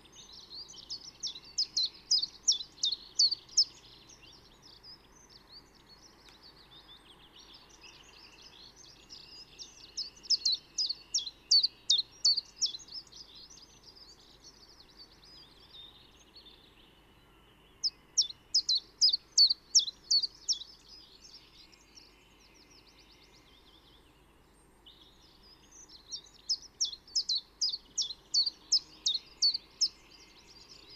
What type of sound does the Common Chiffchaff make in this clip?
song